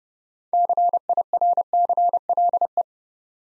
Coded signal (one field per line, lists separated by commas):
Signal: Morse code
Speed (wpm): 29 wpm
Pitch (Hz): 700 Hz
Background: none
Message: CIRCLE